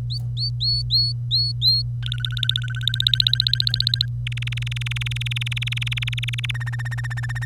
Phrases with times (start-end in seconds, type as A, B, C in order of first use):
0.10-1.82 A, 2.03-4.06 B, 4.27-6.51 C, 6.54-7.45 D